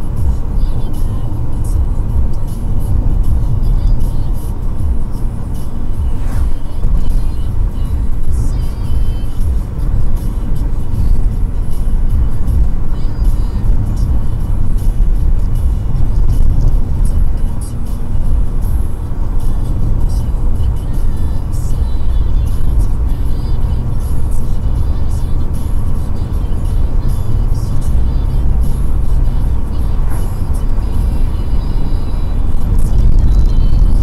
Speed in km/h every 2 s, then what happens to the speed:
79, 77, 75, 74, 75, 74, 78, 75, 80, 79, 80, 80, 82, 84, 89, 89, 91.
0-10 steady at about 75. 10-34 speeds up to 91.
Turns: none.